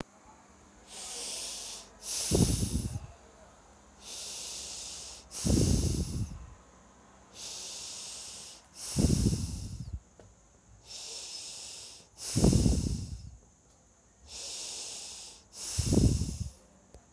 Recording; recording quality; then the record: deep breathing; excellent, no background noise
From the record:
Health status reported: healthy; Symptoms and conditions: none ticked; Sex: male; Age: 55 years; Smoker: not ticked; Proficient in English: yes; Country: India